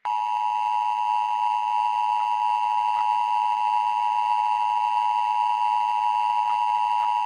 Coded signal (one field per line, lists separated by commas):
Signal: Emergency Alert System (SAME) tones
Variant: 853 and 960 Hz attention tone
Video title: An EAS SCENARIO: ####### Mouse